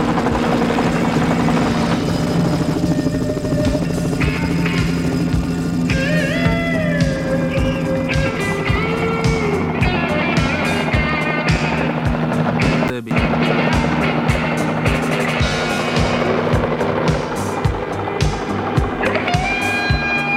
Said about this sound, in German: jetzt machen wir ein bisschen Remix, Mix-Time, jetzt machen wir einen Hubschrauber dazu.